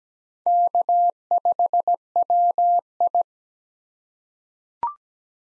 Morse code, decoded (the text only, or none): K5WI